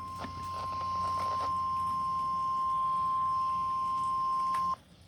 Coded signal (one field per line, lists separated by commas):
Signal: Emergency Alert System (SAME) tones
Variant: 1050 Hz attention tone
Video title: EAS/NWR Alert #123: Second Flash Flood Watch of the month